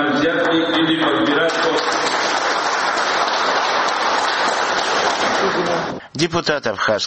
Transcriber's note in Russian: Аплодисменты